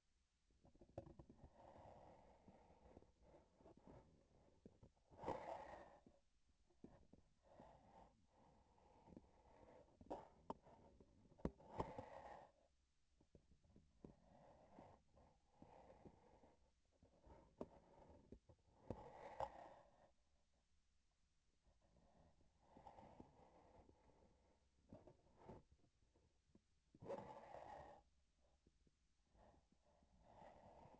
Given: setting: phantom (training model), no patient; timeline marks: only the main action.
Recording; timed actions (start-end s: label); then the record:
laparoscopic instrument, vibration sensor on the handle end
3.17-4.97 s: palpation
10.56-11.38 s: palpation
16.89-18.43 s: palpation
24.82-25.69 s: palpation
From the record:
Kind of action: gesture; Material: synthetic tissue